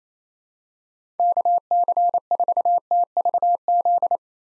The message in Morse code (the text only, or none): KC4TVZ